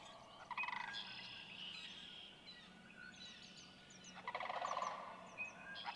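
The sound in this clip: Sandhill crane giving two rolling calls over a busy background of chirping from other birds.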